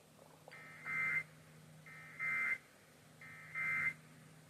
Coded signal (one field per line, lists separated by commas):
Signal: Emergency Alert System (SAME) tones